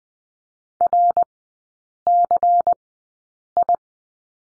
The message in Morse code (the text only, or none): RCI